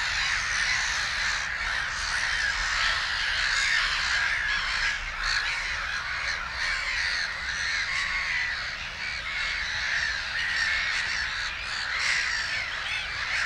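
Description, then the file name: Black-headed gulls giving a continuous clamour of grating, scratchy cries, many birds overlapping so the noise never lets up. "Digiffects Sound Effects Library - Black-Headed Gull Bird"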